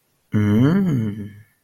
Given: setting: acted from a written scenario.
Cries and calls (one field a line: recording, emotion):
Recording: vocal sound without words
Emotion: desire